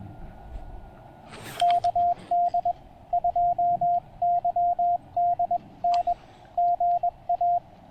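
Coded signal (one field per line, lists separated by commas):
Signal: Morse code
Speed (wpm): 21 wpm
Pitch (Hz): 690 Hz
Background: radio noise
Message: KD2YDN GA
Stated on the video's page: POTA activation pile-ups on 20 meters using a Penntek TR-35 transceiver and a Chelegance MC-750 antenna.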